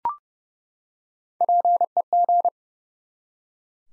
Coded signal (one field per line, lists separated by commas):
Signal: Morse code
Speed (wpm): 30 wpm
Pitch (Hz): 700 Hz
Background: none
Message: PEG